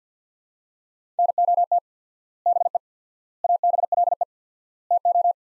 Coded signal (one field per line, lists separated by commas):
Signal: Morse code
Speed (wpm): 50 wpm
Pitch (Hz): 700 Hz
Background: none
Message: NOT BE ABLE TO